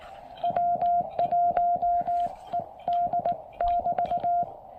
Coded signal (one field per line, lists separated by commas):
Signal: Morse code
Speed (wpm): 19 wpm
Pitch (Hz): 700 Hz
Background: none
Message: W1ED<BT>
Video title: Testing a new QRP Labs QCX-Mini Field kit built in an Evergreen 56 Watertight case!